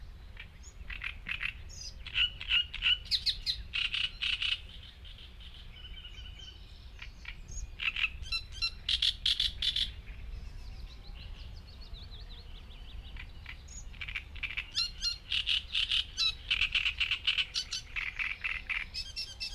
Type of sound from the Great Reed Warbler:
song